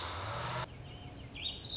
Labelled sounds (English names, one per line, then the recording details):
Warbling Vireo
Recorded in Sonoma County, California